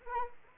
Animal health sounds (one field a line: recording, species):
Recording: mosquito wingbeat signal from an infrared sensor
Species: Anopheles arabiensis